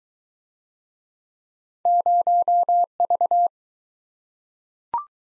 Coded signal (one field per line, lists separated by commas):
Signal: Morse code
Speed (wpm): 21 wpm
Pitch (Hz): 700 Hz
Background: none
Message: 0V